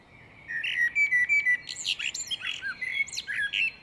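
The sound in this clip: Great tit chattering: a dense stream of short chirps, clipped whistles and buzzy notes running almost without a break.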